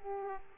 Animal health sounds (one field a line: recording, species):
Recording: mosquito wingbeat signal from an infrared sensor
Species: Aedes aegypti